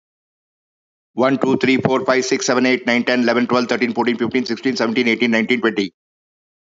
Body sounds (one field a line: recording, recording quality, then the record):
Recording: counting at a fast pace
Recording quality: excellent, no background noise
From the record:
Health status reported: healthy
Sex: male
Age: 52 years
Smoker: yes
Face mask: not worn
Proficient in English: yes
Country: India